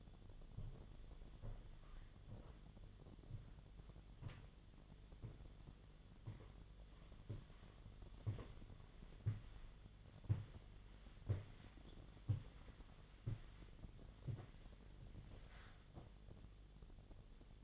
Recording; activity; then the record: daily activity, microphone in the room; walk to room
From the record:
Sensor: 4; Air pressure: 1010.9 hPa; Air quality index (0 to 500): 164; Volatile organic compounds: 4 ppm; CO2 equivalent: 1669 ppm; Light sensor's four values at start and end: 43/121/49/50 and 41/117/47/48